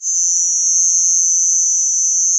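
Cicada buzz, a single unbroken high-pitched drone holding steady in pitch and loudness throughout, with no other sounds.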